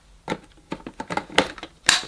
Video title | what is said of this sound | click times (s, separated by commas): Dyson Ball Animal Multifloor Vacuum Cleaner Assembly & First Look | clicks into position, and then the stair cleaning tool fits here. | 1.4 s, 1.9 s